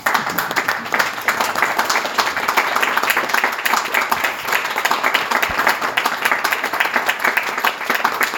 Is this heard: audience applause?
yes